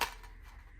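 An empty AR magazine is pushed into a kydex magazine pouch, making a single sharp click at 0.0 s as it seats. The clip then continues at a low, steady level with no speech.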